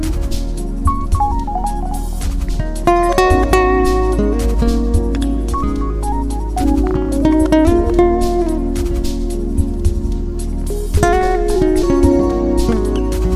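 Smooth jazz plays at a steady, even level, with a warm, heavy bass line underneath sustained chords. A melodic line moves in short phrases above, and light, regular percussion taps run throughout, with a fuller passage starting around three seconds in.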